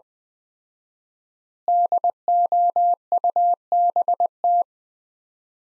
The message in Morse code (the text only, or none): DOUBT